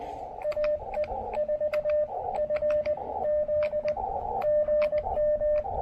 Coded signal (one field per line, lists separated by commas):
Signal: Morse code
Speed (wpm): 19 wpm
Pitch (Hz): 590 Hz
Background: radio noise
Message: AE4FZ GM